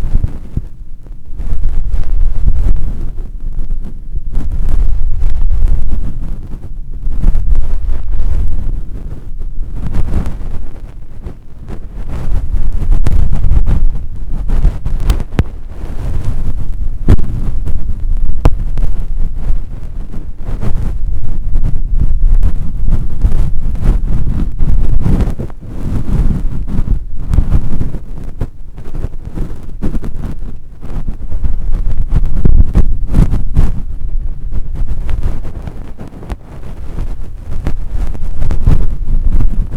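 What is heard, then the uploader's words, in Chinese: Fluffy ear cleaning: a dense, muffled rubbing that rumbles low and almost never stops. Soft crackling swipes come quickly and irregularly over the whole forty seconds, with only a few brief dips in loudness. 睡眠導入 絨毛掏耳。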